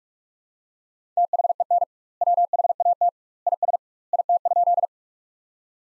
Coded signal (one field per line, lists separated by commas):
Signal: Morse code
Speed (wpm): 48 wpm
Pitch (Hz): 700 Hz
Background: none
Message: THEN WHAT IS IT?